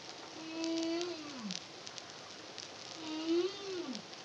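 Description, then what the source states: Humpback whale song: two arching, tonal moans that swell and then bend downward in pitch, separated by a short stretch of hiss. Song, recorded in the Caribbean (CARIMAM) in 2023.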